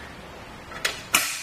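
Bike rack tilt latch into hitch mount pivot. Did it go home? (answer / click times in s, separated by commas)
yes / 1.1 s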